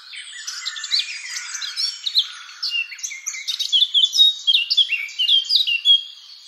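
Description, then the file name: Eurasian blackcap warbling, starting soft and scratchy and building into loud, varied whistled notes in the second half before tailing off. "Sylvia atricapilla"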